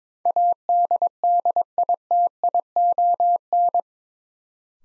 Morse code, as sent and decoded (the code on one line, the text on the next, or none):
.- -.. -.. .. - .. --- -.
ADDITION